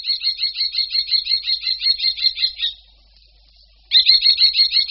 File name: Poštolka-obecná